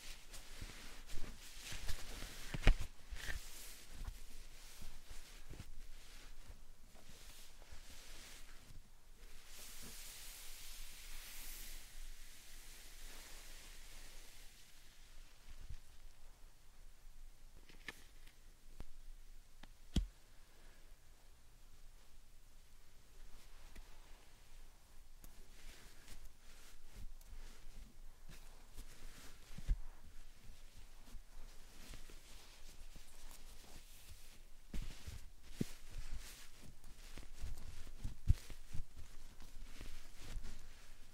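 Slime and sand triggers make soft, quiet crackles and squishes at a low, fairly even level throughout. A brighter hiss rises in the first fifteen seconds, especially around ten to fifteen seconds, then fades. Sharp taps and clicks stand out near 20, 30 and 38 seconds.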